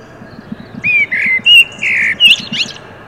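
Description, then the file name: Common blackbird singing one phrase of mellow, fluted whistles that slide up and down, then close with a brief high scratchy twitter. "Turdus merula"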